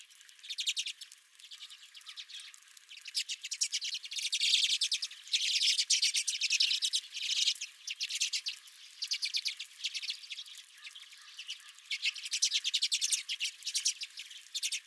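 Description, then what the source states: Redpolls in a flock giving rapid rattling chatter in repeated surges, dense buzzy calling with short softer pauses. Redpolls at the recordist's feeder.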